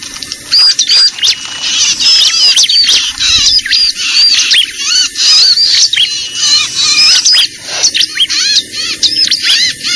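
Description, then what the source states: Bar-winged prinia calls: a constant jumble of high, squeaky chirps and curved whistled notes, overlapping throughout with only short dips. Lure call used for trapping (pikat).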